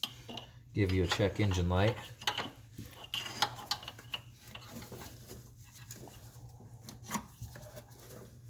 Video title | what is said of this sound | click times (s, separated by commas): 15+ wrx 1320 intake | want to make sure it clicks but it's on there good so it doesn't come loose on you and give | 0.0 s